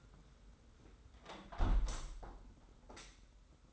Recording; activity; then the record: daily activity, microphone in the room; close window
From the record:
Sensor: 3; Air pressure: 991.2 hPa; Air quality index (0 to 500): 120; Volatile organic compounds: 100 ppm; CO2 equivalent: 3751 ppm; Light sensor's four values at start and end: 49/134/55/48 and 48/133/54/47